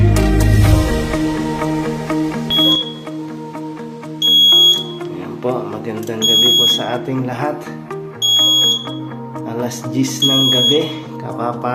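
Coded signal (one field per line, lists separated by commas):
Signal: alarm pattern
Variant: fire alarm panel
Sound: five long high-pitched beeps, roughly every two seconds, over steady background tones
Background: music and voices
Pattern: 5 long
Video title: THE EARLY NIGHT FIRE ALARM PANEL BOARD BEEPING SOUNDS @caloymixofficialvlog8774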